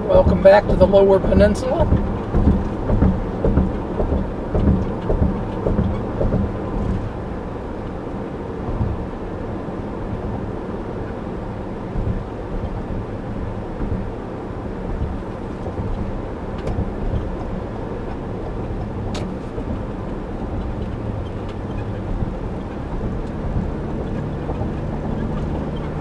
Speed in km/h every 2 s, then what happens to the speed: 82, 82, 84, 84, 85, 85, 85, 85, 85, 85, 85, 89, 93.
0-20 steady at about 85. 20-26 speeds up to 93.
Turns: none.